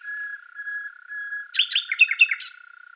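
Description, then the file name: Common nightingale song: a quiet start, then a rapid burst of varied chirps, slurred notes and clicks over a steady high hum. "Luscinia megarhynchos"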